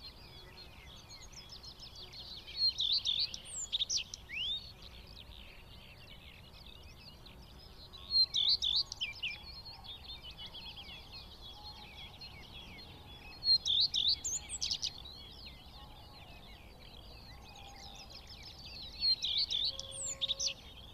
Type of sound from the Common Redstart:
song